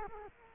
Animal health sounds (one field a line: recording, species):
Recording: mosquito wingbeat signal from an infrared sensor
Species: Culex quinquefasciatus